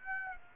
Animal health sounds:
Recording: mosquito wingbeat signal from an infrared sensor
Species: Aedes aegypti

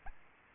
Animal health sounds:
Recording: mosquito wingbeat signal from an infrared sensor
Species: Aedes albopictus

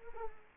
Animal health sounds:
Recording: mosquito wingbeat signal from an infrared sensor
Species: Culex quinquefasciatus

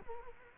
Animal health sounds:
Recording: mosquito wingbeat signal from an infrared sensor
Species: Culex quinquefasciatus

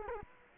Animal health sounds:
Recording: mosquito wingbeat signal from an infrared sensor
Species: Culex quinquefasciatus

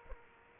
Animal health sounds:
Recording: mosquito wingbeat signal from an infrared sensor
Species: Aedes aegypti

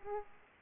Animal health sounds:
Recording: mosquito wingbeat signal from an infrared sensor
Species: Aedes aegypti

